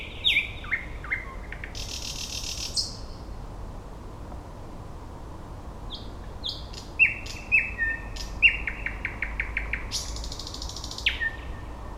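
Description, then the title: Thrush Nightingale song: descending whistles and a grating buzz, then after a pause a rapid run of repeated clicking notes ending in a rasping churr and whistle. "Nightingale (Luscinia luscinia)"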